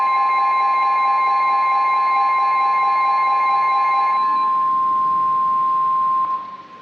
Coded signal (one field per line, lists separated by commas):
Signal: Emergency Alert System (SAME) tones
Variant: 1050 Hz attention tone